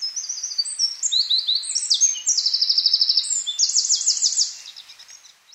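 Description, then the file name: Eurasian wren song: high, rapid chattering notes running into a long mechanical trill and a final rattle, then fading into faint background chirps. "Troglodytes troglodytes"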